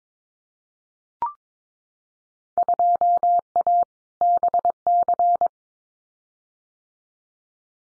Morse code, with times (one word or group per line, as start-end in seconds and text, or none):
2.6-3.8 2A
4.2-5.5 BC